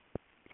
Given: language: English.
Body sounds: throat vibration sensor signal played as sound; speech

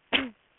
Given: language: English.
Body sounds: throat vibration sensor signal played as sound; cough

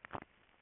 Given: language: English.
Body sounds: throat vibration sensor signal played as sound; swallow

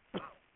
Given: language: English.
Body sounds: throat vibration sensor signal played as sound; cough

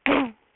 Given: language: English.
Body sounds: throat vibration sensor signal played as sound; throat clearing

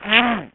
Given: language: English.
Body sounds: throat vibration sensor signal played as sound; throat clearing

